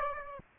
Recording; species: mosquito wingbeat signal from an infrared sensor; Aedes aegypti